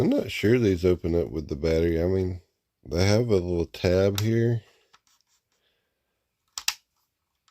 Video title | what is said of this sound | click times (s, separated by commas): KNIGHT RIDER K.I.T.T. (PLAYMOBIL SET #70924) REVIEW - plus compared to 2012 Diamond Select KITT | and they snap into place, so | 6.6 s, 6.7 s